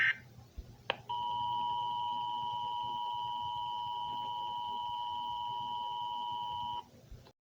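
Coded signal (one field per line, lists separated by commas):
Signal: Emergency Alert System (SAME) tones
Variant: 853 and 960 Hz attention tone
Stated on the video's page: Fictional EAS scenario, not a real alert.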